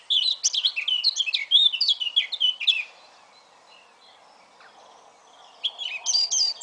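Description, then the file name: Eurasian blackcap song: about three seconds of quick, varied warbling notes, a pause of roughly three seconds, then a fresh burst of warbling begins. "Sylvia atricapilla"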